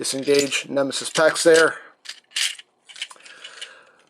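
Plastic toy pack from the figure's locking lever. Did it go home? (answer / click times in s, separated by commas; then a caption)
released / 2.4 s. Someone talks while a release lever on the rear of a plastic Power of the Primes Leader Nemesis Prime toy figure is pulled down to disengage the attached packs. A loud snap at 2.4 s is followed by a few faint clicks and rattles. The packs are released from the figure.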